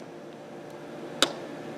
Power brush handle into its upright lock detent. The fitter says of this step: as so and then if you want to put it back to the sanding position just put it back up and locks